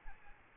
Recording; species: mosquito wingbeat signal from an infrared sensor; Aedes albopictus